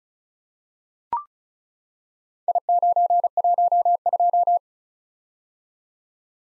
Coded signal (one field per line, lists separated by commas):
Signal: Morse code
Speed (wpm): 36 wpm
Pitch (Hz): 700 Hz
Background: none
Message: I912